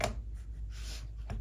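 An iPad (10th gen) is being reattached to its Magic Keyboard Folio, a magnetic keyboard folio case, and it takes some fiddling rather than simply clicking into place. Brief handling knocks are heard at the start and near the end over a low steady hum. Nothing has seated or clicked yet; the clip ends just before the tablet goes home.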